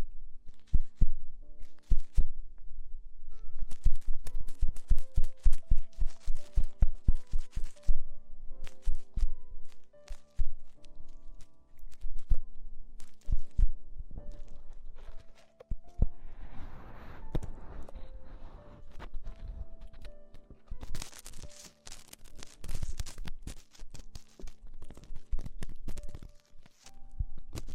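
Tingly ear exploration made of crisp taps and soft thumps, coming in a quick, steady run early on and then more scattered. A scratchy rustle swells around the middle, and a brighter hissing brush follows near twenty seconds, over faint steady tones.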